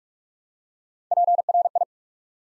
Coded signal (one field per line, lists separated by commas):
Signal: Morse code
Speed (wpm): 44 wpm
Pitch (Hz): 700 Hz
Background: none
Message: PRI